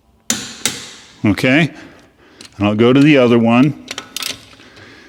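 A click-type torque wrench set to 112 ft-lb tightens a loosened lug nut on a car wheel, giving a sharp click at 0.3 s as it reaches its setting, followed by a second sharp tap at about 0.7 s. Someone talks, then a few light metallic taps follow near 4.0 to 4.3 s as the torque is confirmed and the work moves on to the next nut.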